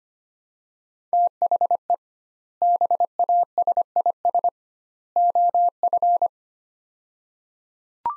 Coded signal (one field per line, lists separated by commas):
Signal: Morse code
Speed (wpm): 25 wpm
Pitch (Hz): 700 Hz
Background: none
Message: THE BASIS OF